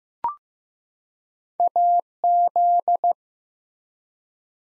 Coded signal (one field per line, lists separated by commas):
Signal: Morse code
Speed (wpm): 15 wpm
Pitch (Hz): 700 Hz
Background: none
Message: AZ